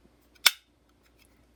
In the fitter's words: And when you hear it snap back into place, you know the magazine is properly reassembled.